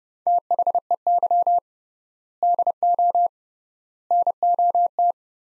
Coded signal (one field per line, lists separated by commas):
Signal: Morse code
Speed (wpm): 30 wpm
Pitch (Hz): 700 Hz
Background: none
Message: THEY DO NOT